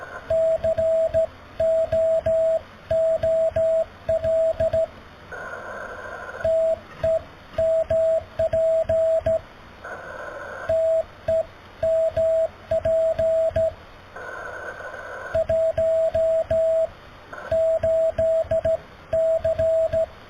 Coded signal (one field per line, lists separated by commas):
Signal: Morse code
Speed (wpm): 15 wpm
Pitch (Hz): 650 Hz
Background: radio noise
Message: COOL TEMP TEMP 18C